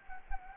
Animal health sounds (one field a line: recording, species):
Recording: mosquito wingbeat signal from an infrared sensor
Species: Anopheles gambiae